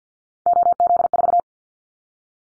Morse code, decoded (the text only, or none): OZ4